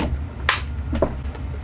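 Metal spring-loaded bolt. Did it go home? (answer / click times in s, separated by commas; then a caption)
released / 0.5 s. Someone pushes the bolt release button on the metal receiver of a King Arms CAA-licensed full-metal M4 carbine airsoft AEG rifle, and the locked-back bolt snaps forward with a loud, sharp clack at 0.5 s. A softer click follows around 1.0 s over a steady low hum, and the bolt catch is released.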